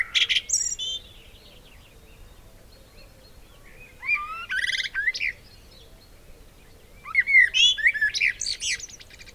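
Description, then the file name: Eurasian blackbird delivering three spaced song phrases, fluted notes mixed with squeaky high chatter. "Turdus merula"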